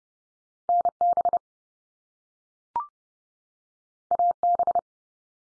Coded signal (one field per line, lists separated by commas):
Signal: Morse code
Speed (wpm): 30 wpm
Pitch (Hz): 700 Hz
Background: none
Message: NB AB